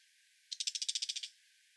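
Brown shrike short, harsh rattle of about ten quick notes lasting under a second.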